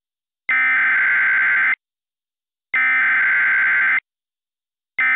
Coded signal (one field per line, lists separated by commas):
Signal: Emergency Alert System (SAME) tones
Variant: header bursts